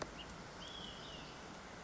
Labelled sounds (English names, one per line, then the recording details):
Olive-sided Flycatcher
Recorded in Sonoma County, California